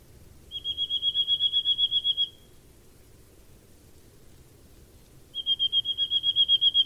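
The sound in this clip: Bird calling with a rapid, even trill of high, pure pulses lasting about two seconds, a pause of about three seconds, then a second trill that grows louder.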